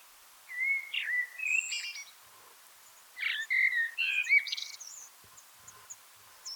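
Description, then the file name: Eurasian blackbird: low whistled warbled phrases mixed with scratchy high twittering notes, in two bursts. "Turdus merula"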